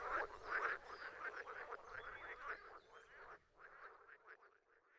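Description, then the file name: Frogs croaking in a loud burst that thins out over five seconds into scattered, quieter calls. "toms frogs for wilson"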